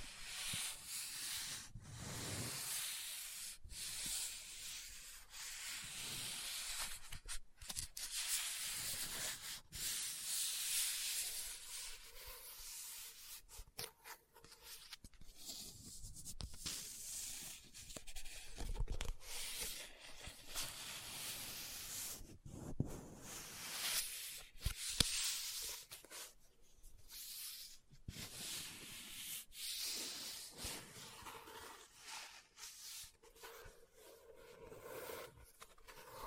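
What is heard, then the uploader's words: Dry scratching and rubbing on a book's surface, with brushing strokes and soft papery sweeps. Sharp taps land irregularly every second or two, some louder clicks near the middle. The texture shifts constantly. ASMR Book Tapping, Scratching, Page Turning(No Talking).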